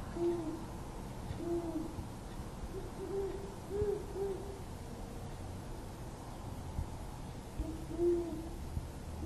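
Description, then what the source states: Great horned owl: deep rhythmic hooting from great horned owls, brief bursts of several soft notes separated by pauses, with continuous faint background noise. Owls hooting in Davis at 4 am on 27 February 2012.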